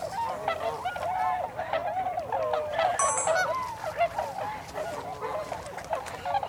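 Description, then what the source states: Tundra swans giving a continuous chorus of overlapping hooting calls, with a brief high thin sound near the middle. Recorded 26 December 2020.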